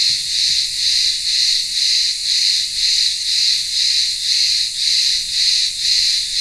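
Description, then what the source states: Shrill cicada buzzing, unbroken, swelling and dipping in a regular beat near two pulses each second. Cicadas in a village town square on the remote island of Ikaria, Greece, singing in the midday heat.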